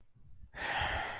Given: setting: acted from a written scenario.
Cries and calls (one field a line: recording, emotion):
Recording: vocal sound without words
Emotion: anger